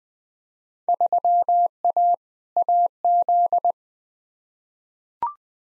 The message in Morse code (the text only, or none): 3A AZ